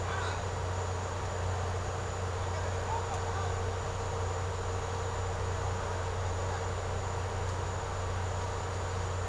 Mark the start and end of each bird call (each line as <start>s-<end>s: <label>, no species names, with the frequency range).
0.01s-0.39s: bird call (0.6-4.6 kHz)